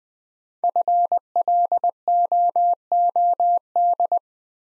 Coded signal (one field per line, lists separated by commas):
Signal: Morse code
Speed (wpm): 21 wpm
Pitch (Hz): 700 Hz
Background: none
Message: FLOOD